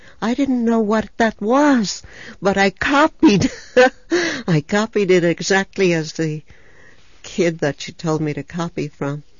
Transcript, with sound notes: I didn't know what that was, but I copied. ( she laughs ) I copied it exactly as the kid who she told me to copy from.